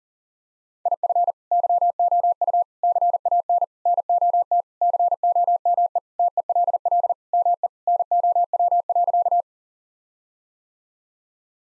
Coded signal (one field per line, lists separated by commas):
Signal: Morse code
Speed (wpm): 37 wpm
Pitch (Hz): 700 Hz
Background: none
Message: IF YOU CAN NOT COME TELL ME NOW.